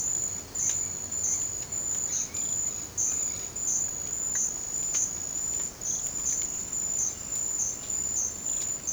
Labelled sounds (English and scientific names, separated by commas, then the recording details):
none
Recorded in secondary vegetation near Puerto Asís, Putumayo, Colombia, on 30 June 2025 at 17:30
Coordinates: 0.500, -76.326
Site GP08